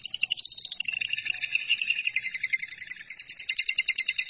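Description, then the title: Lovebird chatter, continuous rapid trilling squeaks with a steady pulsing rhythm, high and shrill throughout the short stretch. "BM Suara Burung Lovebird"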